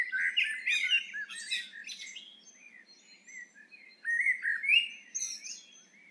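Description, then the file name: Eurasian blackbird song: a fluty warble ending in high twittering notes, a quieter gap, then a second mellow phrase with a squeaky close. "Turdus merula"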